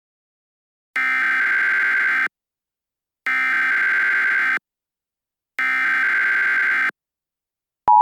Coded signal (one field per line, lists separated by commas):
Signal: Emergency Alert System (SAME) tones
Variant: header bursts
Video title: EAS Scenario: The SCP rampage (Part 1/2)